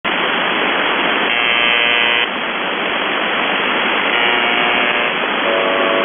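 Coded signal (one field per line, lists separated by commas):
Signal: channel marker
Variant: UVB-76 (The Buzzer)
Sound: steady radio hiss with three harsh roughly one-second buzzes every few seconds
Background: radio static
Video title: The Buzzer/UVB-76(4625Khz) September 30, 2021 12:46UTC Voice message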